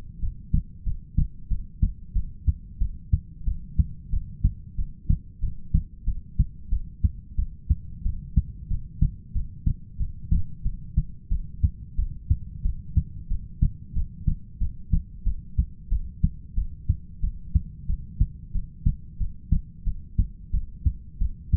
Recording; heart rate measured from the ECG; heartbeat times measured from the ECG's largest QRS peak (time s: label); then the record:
heart sounds by stethoscope; 91 bpm
0.21 s: heartbeat
0.85 s: heartbeat
1.49 s: heartbeat
2.14 s: heartbeat
2.79 s: heartbeat
3.46 s: heartbeat
4.11 s: heartbeat
4.77 s: heartbeat
5.41 s: heartbeat
6.06 s: heartbeat
6.71 s: heartbeat
7.37 s: heartbeat
8.04 s: heartbeat
8.69 s: heartbeat
9.34 s: heartbeat
9.98 s: heartbeat
10.64 s: heartbeat
11.30 s: heartbeat
11.97 s: heartbeat
12.63 s: heartbeat
13.29 s: heartbeat
13.95 s: heartbeat
14.60 s: heartbeat
15.25 s: heartbeat
15.90 s: heartbeat
16.56 s: heartbeat
17.22 s: heartbeat
17.88 s: heartbeat
18.53 s: heartbeat
19.19 s: heartbeat
19.85 s: heartbeat
20.52 s: heartbeat
21.20 s: heartbeat
From the record:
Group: heart failure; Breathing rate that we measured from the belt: 13 breaths a minute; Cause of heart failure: ischemic heart disease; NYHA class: 1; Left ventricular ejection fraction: 38%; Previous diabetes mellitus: present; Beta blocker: bisoprolol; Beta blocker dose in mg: 15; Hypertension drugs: sacubitril-valsartan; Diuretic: furosemide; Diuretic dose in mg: 20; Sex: male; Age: 33 years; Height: 172 cm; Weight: 78.5 kg